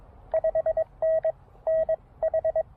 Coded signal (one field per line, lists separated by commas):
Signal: Morse code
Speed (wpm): 20 wpm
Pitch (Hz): 590 Hz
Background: none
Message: 5NN H